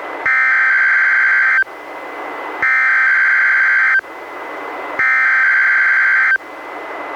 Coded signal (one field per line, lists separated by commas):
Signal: Emergency Alert System (SAME) tones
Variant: header bursts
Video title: EAS #597: NWR Required Weekly Test- Jan. 12, 2022- 11:00AM PST